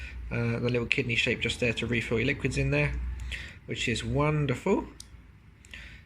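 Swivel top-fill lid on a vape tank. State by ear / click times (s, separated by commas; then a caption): seated / 5.7 s. A swivelling top-fill lid on a Smok Species V2 vape tank is rotated back over the kidney-shaped refill port and pressed shut. Someone talks for most of the clip, then a quiet pause is followed by two small sharp clicks near the end, the lid clicking shut at 5.7 s. The lid is seated and closed.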